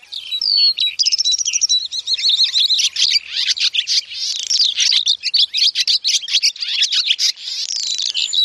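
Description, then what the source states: Skylark song: a continuous, high, rapid warble of chirps, trills and twittering notes, pouring on without pause throughout. Played as an example of elaborate song.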